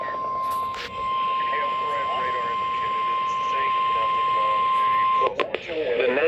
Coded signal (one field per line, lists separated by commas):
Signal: Emergency Alert System (SAME) tones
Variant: 1050 Hz attention tone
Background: speech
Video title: Finally Over? Severe Thunderstorm Warning EAS#28